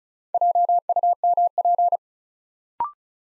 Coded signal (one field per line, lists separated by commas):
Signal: Morse code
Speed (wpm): 36 wpm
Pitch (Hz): 700 Hz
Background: none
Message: JUMP